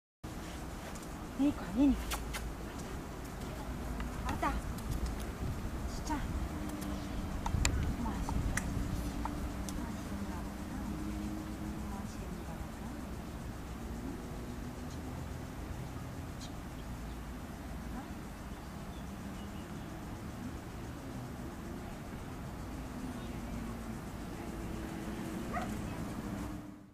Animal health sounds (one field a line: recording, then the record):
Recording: dog in a test of separation from its owner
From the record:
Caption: A dog is showing signs of stress while the owner is out of the arena and the veterinary behaviorist is engaging the dog in friendly interaction, including gently petting her and speaking to her in a calm tone.